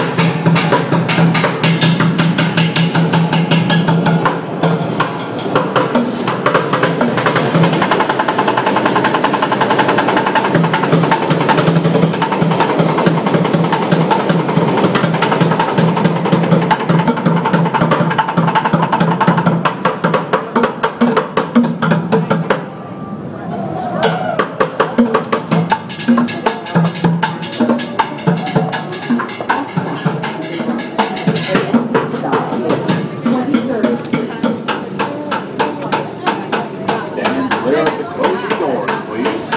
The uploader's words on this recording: Drummer at 14th St station by Bougie.